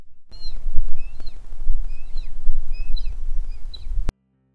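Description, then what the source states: Wedge-tailed Eagle calls: thin, high whistled yelps and short squeals, several in quick irregular succession, over a low rumbling background that stops abruptly at the end. Several wedge-tailed eagles calling at a raptor rehabilitation refuge in Kettering, Tasmania, Australia.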